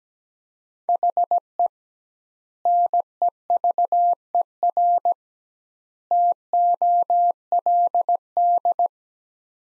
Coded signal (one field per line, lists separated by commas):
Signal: Morse code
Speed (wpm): 17 wpm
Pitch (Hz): 700 Hz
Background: none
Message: HE NEVER TOLD